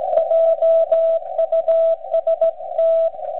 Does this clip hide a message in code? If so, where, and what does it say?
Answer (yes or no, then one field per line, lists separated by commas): yes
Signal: Morse code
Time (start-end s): 0.2-3.1 s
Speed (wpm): 16 wpm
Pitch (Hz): 660 Hz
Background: radio noise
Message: JUST